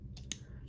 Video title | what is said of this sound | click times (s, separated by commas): RISE OF THE BEASTS Bumblebee Studio Series SS-100 Transformers Review | and then kind of shoot the front of the hood forward on a double hinge and that will click into place | 0.3 s